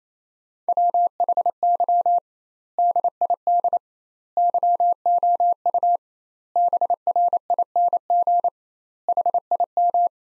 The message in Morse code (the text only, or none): WHY DID YOU BRING HIM